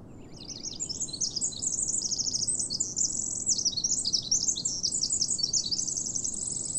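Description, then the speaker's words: Pacific wren song: a long, rapid cascade of high, tinkling trills and twittering notes over soft steady background noise. Perched out in the open singing; possibly the smallest bird species here, with a mighty song; creeps along the ground, under logs and upturned tree roots; national park. "Your best chance of seeing them is when they're perched out in the open, singing like this one is."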